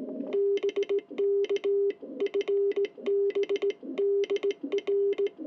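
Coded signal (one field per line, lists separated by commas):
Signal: Morse code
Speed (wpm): 18 wpm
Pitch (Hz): 400 Hz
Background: none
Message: BK FB DR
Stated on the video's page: Straight key QSO with a station in Italy.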